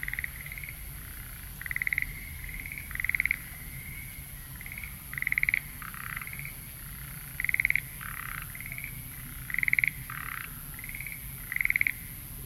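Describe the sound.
Frog giving repeated high calls, each a thin note then a fast clicking trill and a brief buzzy burst, about every two seconds, with steady low hum and hiss behind.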